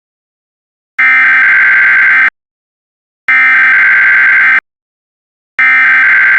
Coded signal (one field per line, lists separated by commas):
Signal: Emergency Alert System (SAME) tones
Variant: header bursts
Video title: EAS Scenario #10 The wrath of the sun